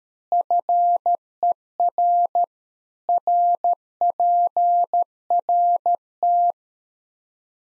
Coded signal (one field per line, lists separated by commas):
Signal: Morse code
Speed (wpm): 13 wpm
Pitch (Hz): 700 Hz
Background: none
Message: FER RPRT